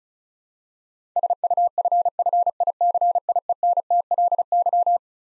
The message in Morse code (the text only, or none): SUFFICIENTLY